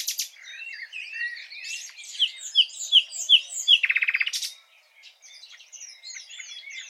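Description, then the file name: Common nightingale song: varied rich phrases of whistles and chirps, then a loud rapid buzzy rattle, followed by quieter scattered notes. "Luscinia megarhynchos"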